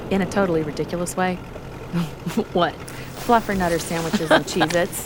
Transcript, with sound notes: in a totally ridiculous way?
What?
(Unzipping backpack) Fluffernutter sandwiches and Cheez-Its!